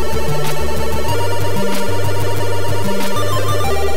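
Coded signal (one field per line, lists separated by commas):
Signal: none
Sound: game sound effects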